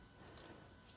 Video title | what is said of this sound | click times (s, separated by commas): Transformers Legacy Buzzworthy Bumblebee Grimlock | come on Snap into place there we go | 0.3 s, 0.4 s